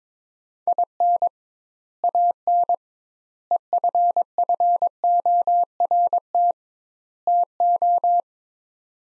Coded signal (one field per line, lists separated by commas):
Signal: Morse code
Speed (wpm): 22 wpm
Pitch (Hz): 700 Hz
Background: none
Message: IN AN EFFORT TO